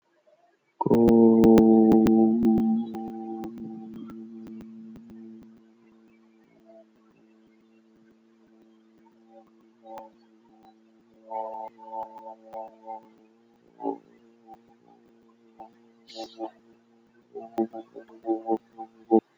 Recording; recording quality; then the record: sustained vowel as in boot; moderate, slight background noise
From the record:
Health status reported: healthy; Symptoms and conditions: none ticked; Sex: male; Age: 25 years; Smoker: not ticked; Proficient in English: yes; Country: India